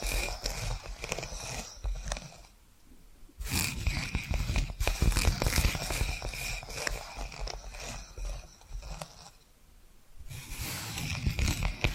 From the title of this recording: Hypnotic Tapping & Scratching Sounds